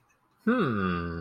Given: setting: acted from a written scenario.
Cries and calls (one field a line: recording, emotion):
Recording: vocal sound without words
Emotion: confusion